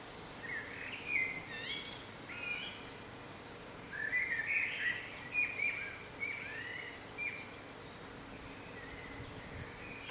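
Bird song, warbled chirping phrases of quick rising and falling notes, strongest in the middle, then fading into steady background noise.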